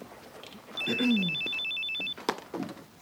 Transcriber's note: miranda's cell phone's ringing